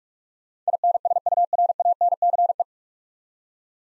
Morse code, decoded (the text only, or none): INSURANCE